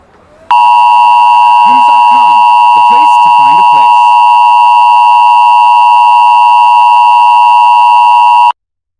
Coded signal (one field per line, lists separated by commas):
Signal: Emergency Alert System (SAME) tones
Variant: 853 and 960 Hz attention tone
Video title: EAS Scenario 1 - Lost In Silence